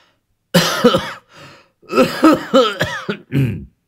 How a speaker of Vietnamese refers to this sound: Nói đến đây, hình như là ông cụ sợ quá. Ông cụ đấm ngực ho sù sụ.